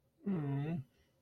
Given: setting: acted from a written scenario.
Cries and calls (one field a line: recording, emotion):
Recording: vocal sound without words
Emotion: shame